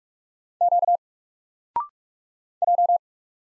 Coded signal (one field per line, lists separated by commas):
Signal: Morse code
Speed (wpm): 44 wpm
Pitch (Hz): 700 Hz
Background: none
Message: Q J